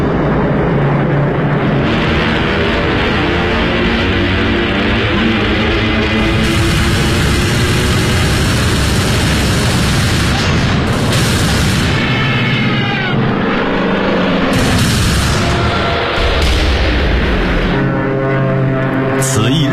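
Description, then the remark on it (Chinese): A dense, loud roar of aircraft engines fills the scene, overlaid with repeated booming blasts and crackling gunfire in a continuous, chaotic battle din with no clear pauses: an air battle over the Mariana Islands, with US forces of 15 aircraft carriers and 800 aircraft against the Japanese air force. “135,000水兵准备投入战斗，15艘航母、800架飞机将和日本空军展开一场马里亚纳射火机大赛，最后日本惨败。”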